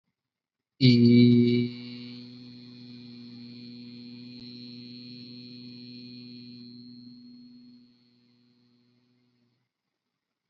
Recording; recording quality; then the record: sustained vowel as in beet; excellent, no background noise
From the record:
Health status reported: healthy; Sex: male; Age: 20 years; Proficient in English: yes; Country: India